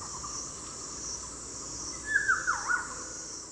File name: Patrik berg - Krovavaya ivolga Oriolus traillii